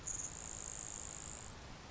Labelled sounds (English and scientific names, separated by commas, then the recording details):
Grasshopper Sparrow (Ammodramus savannarum)
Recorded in Sonoma County, California